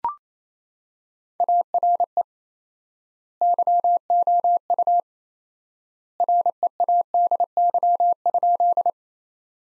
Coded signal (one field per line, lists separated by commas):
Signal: Morse code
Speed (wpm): 28 wpm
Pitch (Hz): 700 Hz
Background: none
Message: ARE YOU READY?